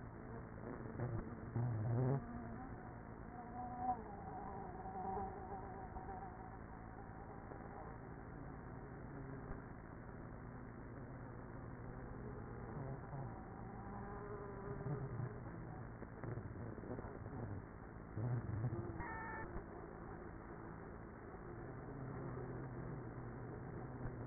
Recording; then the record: honeybee colony, microphone inside the hive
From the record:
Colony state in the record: queenless with a low population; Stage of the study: after two queens were removed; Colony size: about 30,000 bees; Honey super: no